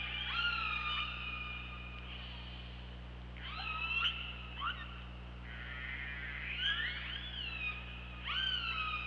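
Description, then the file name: Killer whale calls: stepped harmonic squeals, some dropping in pitch, repeated in several bursts with pulsed buzzy stretches between, over a steady low hum. Recorded by OrcaLab hydrophone on 24 August 2017 at 23:34. "Orca Lab UTLN JASON 20170824 233450"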